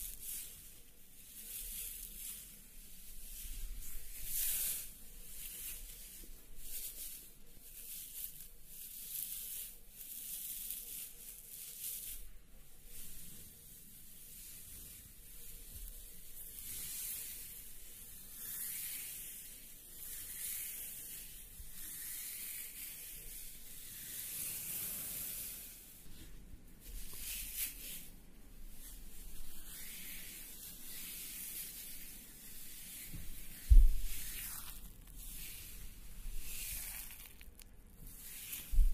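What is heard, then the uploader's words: Hair being rolled makes soft, brushing hiss in uneven bursts throughout, with a sharp thump near thirty-four seconds and faint rubbing between. Hair roll.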